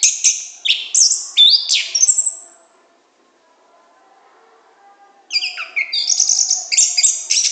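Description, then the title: Orange-headed thrush song: a burst of varied high whistles and chirps, a pause of a few seconds, then another quick run of bright notes. Song in the gacor ngeplong style, continuous, open and full-voiced, described as excellent. "Anis Kembang Gacor Ngeplong Istimewa Suara Burung"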